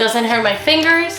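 A plastic connector piece is handled while joining sequin shimmer wall panels for a backdrop, as someone talks throughout. Nothing has seated or clicked yet; the connector is not yet home when the clip ends.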